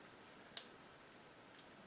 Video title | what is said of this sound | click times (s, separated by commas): 2005 Chevy Colorado How to fix rough idle misfiring GMC Canyon How to Replace Coils & Spark Plug Fix | snaps on just | 0.6 s